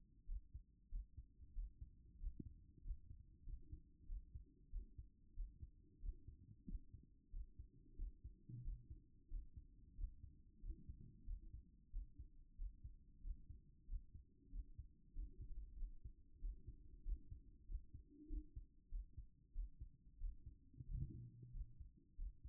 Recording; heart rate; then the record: heart sounds by stethoscope; 94 bpm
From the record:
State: at rest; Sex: male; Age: 25 years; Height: 189 cm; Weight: 101 kg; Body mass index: 28.27